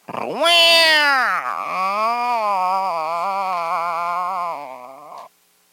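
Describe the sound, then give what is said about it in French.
A person imitates a cat with one long, loud meow that swoops up sharply, dips, then holds a wavering, trembling tone for several seconds before stopping abruptly. “J'ai des auditrices qui aiment bien ça lorsque je fais le chat.”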